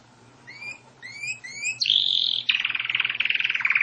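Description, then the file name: Canary song: a few upslurred whistles, a bright sustained note, then a long rapid pulsing trill. "Canary Voice"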